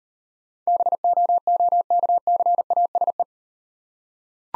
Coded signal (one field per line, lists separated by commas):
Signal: Morse code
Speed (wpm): 38 wpm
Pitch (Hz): 700 Hz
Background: none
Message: BOOKCASE